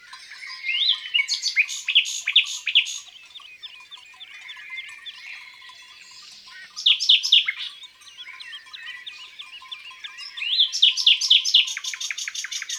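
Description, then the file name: Common nightingale song in three bursts of rich phrases: rapid repeated notes, whistles and sharp trills, with quieter pauses. Recorded in the countryside. "Rossignol philomele Chants doiseaux dans la campagne"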